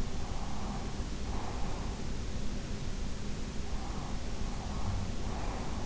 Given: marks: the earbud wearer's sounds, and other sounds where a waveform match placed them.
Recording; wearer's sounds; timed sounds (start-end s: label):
sounds in sleep by an in-ear microphone; breath
0.22-1.94 s: breath
3.87-5.84 s: breath